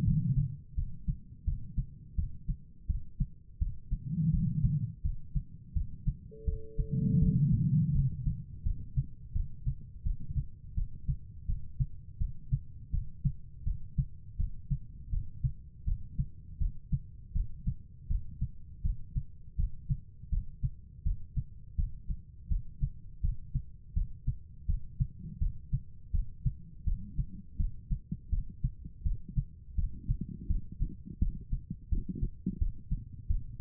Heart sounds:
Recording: heart sounds by stethoscope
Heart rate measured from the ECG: 83 bpm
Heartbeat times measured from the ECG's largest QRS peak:
0.05 s: heartbeat
0.75 s: heartbeat
1.45 s: heartbeat
2.16 s: heartbeat
2.87 s: heartbeat
3.59 s: heartbeat
4.31 s: heartbeat
5.02 s: heartbeat
5.74 s: heartbeat
6.45 s: heartbeat
7.20 s: heartbeat
7.93 s: heartbeat
8.63 s: heartbeat
9.33 s: heartbeat
10.03 s: heartbeat
10.75 s: heartbeat
11.47 s: heartbeat
12.19 s: heartbeat
12.91 s: heartbeat
13.64 s: heartbeat
14.37 s: heartbeat
15.10 s: heartbeat
15.85 s: heartbeat
16.59 s: heartbeat
17.33 s: heartbeat
18.08 s: heartbeat
18.83 s: heartbeat
19.57 s: heartbeat
20.30 s: heartbeat
21.04 s: heartbeat
21.76 s: heartbeat
22.49 s: heartbeat
23.22 s: heartbeat
23.94 s: heartbeat
24.67 s: heartbeat
25.39 s: heartbeat
26.12 s: heartbeat
26.85 s: heartbeat
27.57 s: heartbeat
28.30 s: heartbeat
29.04 s: heartbeat
29.76 s: heartbeat
30.48 s: heartbeat
31.19 s: heartbeat
31.90 s: heartbeat
32.59 s: heartbeat
33.28 s: heartbeat
From the record:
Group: healthy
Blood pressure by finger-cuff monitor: 116/82 mmHg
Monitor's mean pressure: 95 mmHg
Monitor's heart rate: 82 bpm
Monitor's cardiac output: 4.7 L/min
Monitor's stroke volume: 57 mL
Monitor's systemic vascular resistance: 1470 dyn s/cm5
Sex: female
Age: 51 years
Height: 162 cm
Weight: 70.04 kg

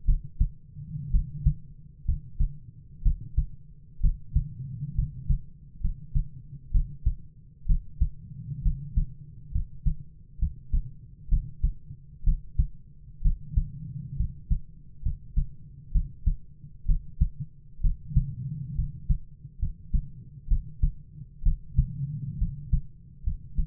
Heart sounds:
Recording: heart sounds by stethoscope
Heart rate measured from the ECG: 65 bpm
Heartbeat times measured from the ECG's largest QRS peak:
0.05 s: heartbeat
1.10 s: heartbeat
2.05 s: heartbeat
3.02 s: heartbeat
4.00 s: heartbeat
4.95 s: heartbeat
5.80 s: heartbeat
6.71 s: heartbeat
7.66 s: heartbeat
8.62 s: heartbeat
9.51 s: heartbeat
10.38 s: heartbeat
11.28 s: heartbeat
12.24 s: heartbeat
13.22 s: heartbeat
14.16 s: heartbeat
15.02 s: heartbeat
15.91 s: heartbeat
16.85 s: heartbeat
17.81 s: heartbeat
18.75 s: heartbeat
19.58 s: heartbeat
20.47 s: heartbeat
21.43 s: heartbeat
22.38 s: heartbeat
23.23 s: heartbeat
From the record:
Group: healthy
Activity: rest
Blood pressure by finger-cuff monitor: 99/57 mmHg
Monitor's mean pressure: 67 mmHg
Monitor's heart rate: 63 bpm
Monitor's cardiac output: 7.2 L/min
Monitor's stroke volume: 110 mL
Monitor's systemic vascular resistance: 670 dyn s/cm5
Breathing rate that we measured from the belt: 14 breaths a minute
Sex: male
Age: 22 years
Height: 185 cm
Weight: 112.4 kg

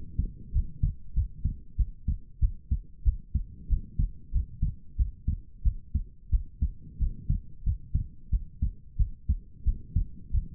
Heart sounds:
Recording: heart sounds by stethoscope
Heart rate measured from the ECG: 92 bpm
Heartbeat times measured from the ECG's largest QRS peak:
0.51 s: heartbeat
1.13 s: heartbeat
1.76 s: heartbeat
2.39 s: heartbeat
3.03 s: heartbeat
3.68 s: heartbeat
4.31 s: heartbeat
4.96 s: heartbeat
5.62 s: heartbeat
6.30 s: heartbeat
6.98 s: heartbeat
7.63 s: heartbeat
8.30 s: heartbeat
8.96 s: heartbeat
9.63 s: heartbeat
10.30 s: heartbeat
From the record:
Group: healthy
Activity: rest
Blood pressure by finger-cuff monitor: 74/56 mmHg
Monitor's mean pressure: 62 mmHg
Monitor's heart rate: 91 bpm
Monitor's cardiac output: 6.8 L/min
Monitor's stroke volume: 74 mL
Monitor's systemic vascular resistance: 680 dyn s/cm5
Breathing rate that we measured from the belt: 19 breaths a minute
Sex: female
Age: 19 years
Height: 163 cm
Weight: 48.9 kg

